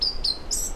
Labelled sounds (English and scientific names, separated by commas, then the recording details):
Stitchbird (Notiomystis cincta) song
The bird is a male
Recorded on Tiritiri Matangi Island, New Zealand, in 2005
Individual 2, of nest box 2